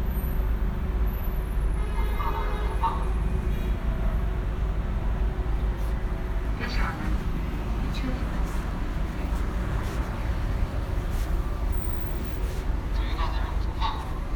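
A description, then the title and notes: A field recording of the sound piece 'Window Pain': a steady, heavy low rumble throughout, with faint voices and brief scattered clicks above. A field recording of a visit to experience the sound piece 'Window Pain' by Colin Siyuan Chinnery, installed at Tattoo Parlour space in Beijing.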